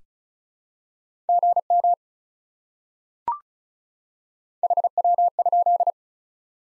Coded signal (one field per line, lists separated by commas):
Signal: Morse code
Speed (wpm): 34 wpm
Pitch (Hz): 700 Hz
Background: none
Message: GM HW?